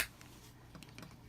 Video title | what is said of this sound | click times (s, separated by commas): Hot Wheels Star Wars Resistance Troop Transporter | just like most Hot Wheels ships it comes with a cool translucent stand pegannon port here that click and you're | 0.8 s